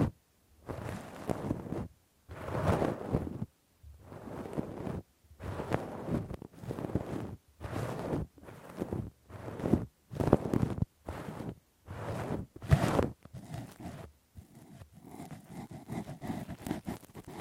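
Deep ear cleaning with a Q-tip and ear pick: rough scraping and rubbing strokes come in short bursts, each about a second long, separated by brief silent gaps. The strokes repeat steadily through the clip, rustly and full, and turn slightly thinner and scratchier near the end.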